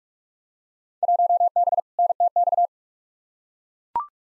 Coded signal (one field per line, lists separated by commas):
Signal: Morse code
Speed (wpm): 42 wpm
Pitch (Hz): 700 Hz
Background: none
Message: 1B NTX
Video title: Field Day Exchange v2 - 45wpm